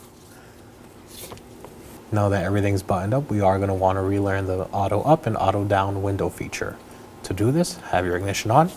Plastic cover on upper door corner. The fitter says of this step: and push down until you hear the click.